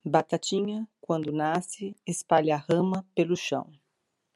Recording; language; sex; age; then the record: short text; Brazilian Portuguese; female; 50 to 59 years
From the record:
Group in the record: control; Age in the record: 54 years